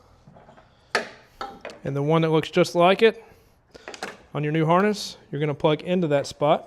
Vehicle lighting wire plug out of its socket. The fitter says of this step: And it pops out like so.